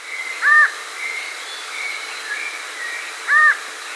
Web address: Natures Songs S America Andean Birds. Variable Antshrike (Thamnophilus Caerulescens)